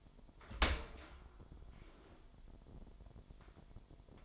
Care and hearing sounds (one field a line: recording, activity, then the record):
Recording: daily activity, microphone in the room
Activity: open dishwasher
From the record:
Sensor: 5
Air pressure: 998.3 hPa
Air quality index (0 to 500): 86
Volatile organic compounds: 2 ppm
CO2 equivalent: 981 ppm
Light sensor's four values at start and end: 20/46/19/21 and 20/46/19/21